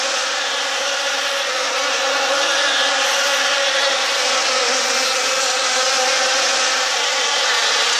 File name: Hollywood Sound Effects - Insects - Swarm Sound Effect